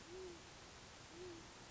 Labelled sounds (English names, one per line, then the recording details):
Great Horned Owl
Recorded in Sonoma County, California